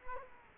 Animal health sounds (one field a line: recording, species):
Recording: mosquito wingbeat signal from an infrared sensor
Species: Culex quinquefasciatus